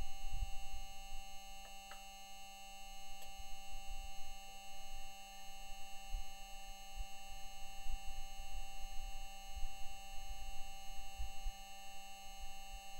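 Puffs and pings from a rover's gaseous dust removal tool. A steady electrical hum with many fixed tones runs throughout, while soft low thumps come irregularly. A few brief bright clicks land near two and three seconds, with a faint rising whine around five seconds.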